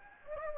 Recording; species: mosquito wingbeat signal from an infrared sensor; Anopheles gambiae